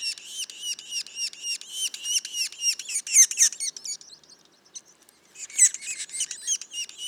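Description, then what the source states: Yellow-bellied sapsucker calls, rapid high arched notes that grow louder and more jumbled, break off into a brief pause, then resume. Juveniles, recorded in Mont-Orford National Park, Quebec.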